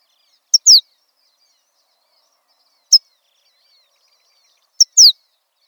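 Horned lark calls, three short, high, thin phrases, the first and last each a quick tick followed by a falling slurred note, the middle a single tick, about two seconds apart, with silence between.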